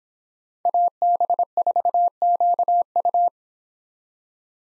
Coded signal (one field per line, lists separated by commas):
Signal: Morse code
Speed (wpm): 29 wpm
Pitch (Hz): 700 Hz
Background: none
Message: AB4QU